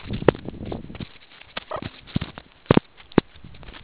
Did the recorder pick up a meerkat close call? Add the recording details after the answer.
yes. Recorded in the Kuruman River Reserve, South Africa. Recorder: an audio tag on a meerkat's collar